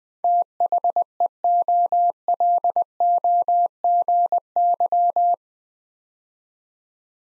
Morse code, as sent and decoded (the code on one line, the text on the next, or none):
- .... . --- .-.. --- --. -.--
THEOLOGY